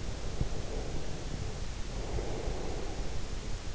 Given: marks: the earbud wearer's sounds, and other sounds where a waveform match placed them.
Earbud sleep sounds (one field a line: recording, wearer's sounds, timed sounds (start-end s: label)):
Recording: sounds in sleep by an in-ear microphone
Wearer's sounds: breath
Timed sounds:
0.07-3.58 s: breath